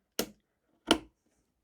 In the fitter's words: line them up push them down you'll hear that click